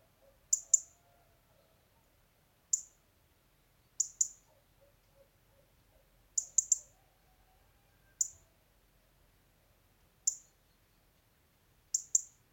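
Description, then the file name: European robin calls: crisp high ticks, sometimes paired, repeated every couple of seconds in an otherwise quiet setting. "Erithacus rubecula"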